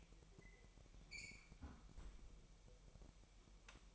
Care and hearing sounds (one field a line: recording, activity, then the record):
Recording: daily activity, microphone in the room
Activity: close fridge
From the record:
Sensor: 1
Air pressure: 1002.0 hPa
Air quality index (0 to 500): 244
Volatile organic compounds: 50 ppm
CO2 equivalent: 3292 ppm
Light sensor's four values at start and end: 8/27/10/11 and 8/28/10/11